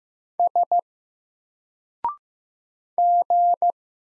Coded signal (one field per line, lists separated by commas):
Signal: Morse code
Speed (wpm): 15 wpm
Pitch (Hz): 700 Hz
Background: none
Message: S G